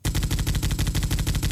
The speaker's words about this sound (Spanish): Esa es una ametralladora.